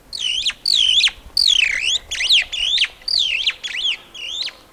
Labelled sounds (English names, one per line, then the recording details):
Superb Starling flight call
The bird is a male
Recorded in Kenya on 28 June 2008 at 12:05
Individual 40, of group MRC1